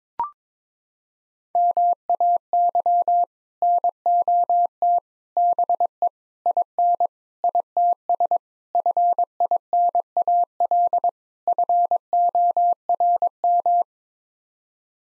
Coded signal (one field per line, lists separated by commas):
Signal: Morse code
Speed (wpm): 22 wpm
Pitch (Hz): 700 Hz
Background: none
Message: MAY NOT BE IN ITS FINAL FORM